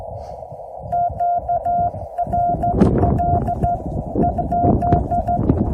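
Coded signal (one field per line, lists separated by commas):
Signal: Morse code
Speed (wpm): 14 wpm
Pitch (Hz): 700 Hz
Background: none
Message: QRL EZ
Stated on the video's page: Winter Field Day park activation with CW on 10 to 80 meters, Yaesu FT-891 at 5 watts, 17-foot whip antenna with radials.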